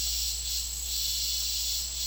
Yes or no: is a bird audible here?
no